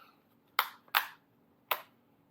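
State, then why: Seated. A plastic battery cover is aligned and pressed onto the body of a Verizon mobile hotspot, giving three sharp plastic clicks at 0.6, 1.0 and 1.7 seconds as its tabs snap in, with a faint tick just before the second. The cover is seated and snapped back on.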